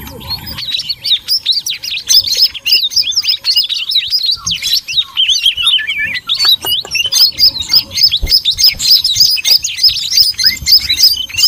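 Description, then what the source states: Bird chatter, a dense run of rapid, high, scratchy chirps. Noisy bird sounds used as a lure (pikat) to attract birds.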